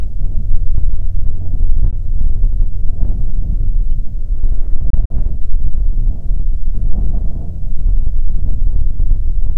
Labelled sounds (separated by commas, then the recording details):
songbird, wind
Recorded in the Prudhoe Bay oil fields, Alaska, on 5 June 2019 at 13:33
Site 16